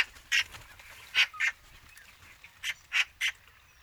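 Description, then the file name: Eurasian magpie uttering loud, grating chak calls, some in quick pairs, several in a few seconds, against a quiet background. "Pica pica"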